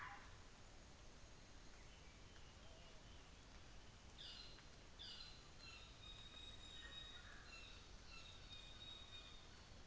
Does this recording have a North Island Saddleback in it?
yes